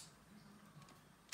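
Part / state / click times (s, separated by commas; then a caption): spinning top layer into its disc and driver / not seated / none. A plastic and metal Judgement Joker spinning top layer is handled against its disc and driver as it is put back together, with only faint rustling, a low hum and a brief bright tick right at the end. Nothing has seated or clicked into place yet.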